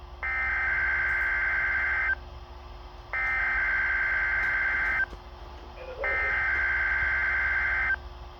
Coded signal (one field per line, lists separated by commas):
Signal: Emergency Alert System (SAME) tones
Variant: header bursts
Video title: Required Weekly Test... Test from 11/3/21 (EAS #801)